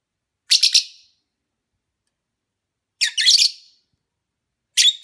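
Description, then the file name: Lovebird making harsh, buzzy squawks in three grouped bursts, each a fast stutter of shrill notes, about two seconds apart. Lovebird sounds recorded during a mating ritual. "suara ritual kawin lovebird omkicau"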